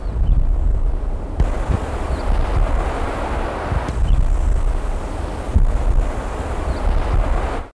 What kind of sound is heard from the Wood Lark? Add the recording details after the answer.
call. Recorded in the wild. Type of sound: call. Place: Ölsen, Rheinland-Pfalz, DE. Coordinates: 50.739, 7.6041. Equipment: Halbspur, 9,5 cm/s. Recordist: Lütgens, Hans. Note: Flügge Junge